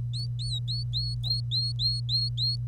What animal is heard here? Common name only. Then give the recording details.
Domestic Canary. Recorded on 25 April 2018 at 06:04. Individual llb3